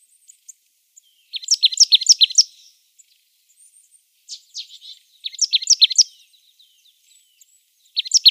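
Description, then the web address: Marsh tit singing several bursts of rapid high chipping notes with pauses between them, and a few faint thin notes in the gaps. "Schulze Peter Marsh Tit"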